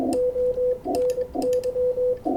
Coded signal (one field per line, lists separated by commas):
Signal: Morse code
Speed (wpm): 24 wpm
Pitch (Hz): 500 Hz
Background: none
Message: ONY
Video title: Bird's eye view working W3EP and VE3FJ on 20 metres CW